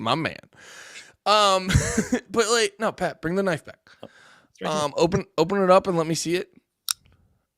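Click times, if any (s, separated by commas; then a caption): 6.9 s. Someone talks for most of the clip, then a folding knife is opened and its blade locks into the handle with a single sharp click at 6.9 s, followed by a couple of faint ticks. The blade is seated and locked open.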